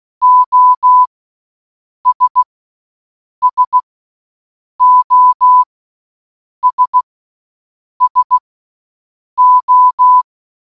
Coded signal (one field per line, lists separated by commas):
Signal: Morse code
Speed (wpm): 16 wpm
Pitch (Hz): 1000 Hz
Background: none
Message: OS SOS SO